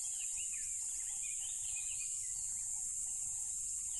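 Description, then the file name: Cricket chorus: an unbroken shrill buzz throughout, overlaid by twittering bird notes and short, lower pulsed notes. Loud crickets beside a tropical river. "smartsound ATMO NATURE Tropical River Loud Crickets"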